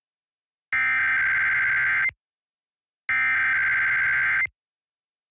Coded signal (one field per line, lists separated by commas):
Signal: Emergency Alert System (SAME) tones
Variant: header bursts